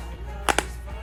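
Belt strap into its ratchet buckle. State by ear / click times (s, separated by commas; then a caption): seated / 0.5 s, 0.6 s. A Kore Essentials gun belt's tail is pushed through its metal ratchet buckle, and the buckle gives two sharp clicks at 0.5 s and 0.6 s as the belt tightens and seats. A low steady hum runs underneath.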